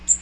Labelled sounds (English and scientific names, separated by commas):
Magnolia Warbler (Setophaga magnolia) flight call